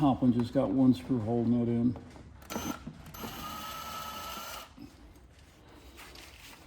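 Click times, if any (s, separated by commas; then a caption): 3.1 s. Someone talks, then at 3.1 s a power driver whirs steadily for about a second and a half against the single screw holding the top B-pillar trim piece to the body of a C3 Corvette. The screw spins in its stripped hole, and the screws are found to be stripped out and in need of repair.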